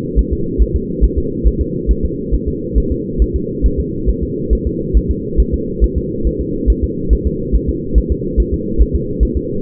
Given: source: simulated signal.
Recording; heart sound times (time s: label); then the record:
fetal heart sounds
0.19 s: S1
0.33 s: S2
0.62 s: S1
0.76 s: S2
1.04 s: S1
1.18 s: S2
1.47 s: S1
1.61 s: S2
1.91 s: S1
2.05 s: S2
2.34 s: S1
2.48 s: S2
2.78 s: S1
2.92 s: S2
3.22 s: S1
3.36 s: S2
3.66 s: S1
3.80 s: S2
4.09 s: S1
4.23 s: S2
4.53 s: S1
4.67 s: S2
4.97 s: S1
5.11 s: S2
5.40 s: S1
5.54 s: S2
5.84 s: S1
5.98 s: S2
6.27 s: S1
6.41 s: S2
6.70 s: S1
6.84 s: S2
7.13 s: S1
7.27 s: S2
7.56 s: S1
7.69 s: S2
7.98 s: S1
8.12 s: S2
8.40 s: S1
8.54 s: S2
8.81 s: S1
8.95 s: S2
9.23 s: S1
9.37 s: S2
From the record:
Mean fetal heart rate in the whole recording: 140 bpm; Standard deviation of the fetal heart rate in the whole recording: 2 bpm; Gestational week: 34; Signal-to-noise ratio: -6.6 dB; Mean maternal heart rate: 72 bpm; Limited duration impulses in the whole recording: present